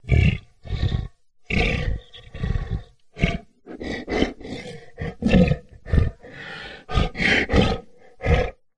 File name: zapsplat. big cat lion tiger breathy panting curious playful